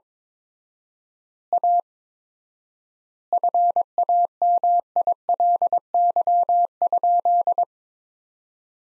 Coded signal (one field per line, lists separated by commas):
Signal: Morse code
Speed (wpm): 22 wpm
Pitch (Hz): 700 Hz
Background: none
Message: A FAMILY?